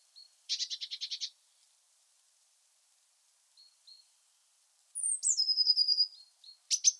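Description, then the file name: Eurasian blue tit produces a buzzy burst, a few soft high notes, then a song of a falling whistle and rapid trill. "Cyanistes caeruleus"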